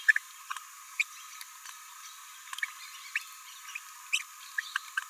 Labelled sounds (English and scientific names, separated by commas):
Green-rumped Parrotlet (Forpus passerinus) babbling